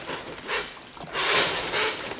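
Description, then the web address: Hoatzin giving a few rough, hissing, wheezy bursts, the longest and loudest just after the middle, over steady high background hiss. "BIRD NOTE. Hoatzin"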